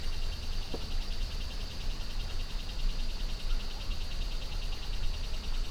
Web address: GDC 2019-Game Audio Bundle Pole Position - Costa Rica Jungle Rainforest Jungle,Costa Rica, 06 32 AM,Insect Chatter Swells,River,Holophone